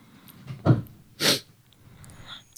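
A single loud sneeze from an adult: a short voiced intake-like burst, then a loud hissing explosive release, amid quiet room noise. It is loud enough to drown out a question being asked.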